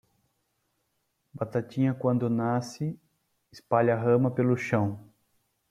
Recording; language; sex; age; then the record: short text; Brazilian Portuguese; male; 30 to 39 years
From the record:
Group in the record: control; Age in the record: 34 years